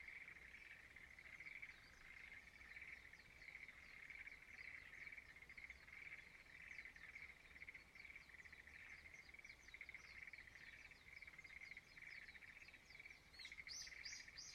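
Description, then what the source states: Frogs calling together in an unbroken, rapidly pulsed trill, with faint clicking chirps and a few sharp high notes at the very end. Frogs singing in a rice field at dawn in Izumo, Shimane, Japan.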